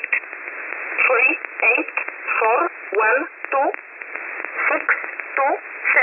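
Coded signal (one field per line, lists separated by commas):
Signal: numbers station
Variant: E11 Oblique, English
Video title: 20 09 2022 Numbers Station E11 Oblique in English to Eu 0722 on 9963 Warsaw in USB mode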